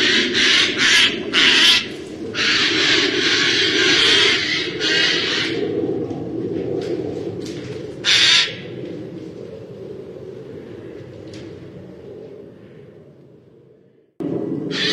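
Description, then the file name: Eurasian jay giving harsh, rasping screeches in a quick series over the first six seconds, one more at eight seconds, then fading, over a low rumble that also fades before a brief break and a loud return at the very end. "canto do gaio comum"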